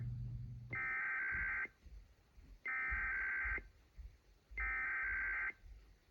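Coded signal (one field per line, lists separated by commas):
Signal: Emergency Alert System (SAME) tones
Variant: header bursts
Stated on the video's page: IPAWS CAP weekly tests and civil alerts.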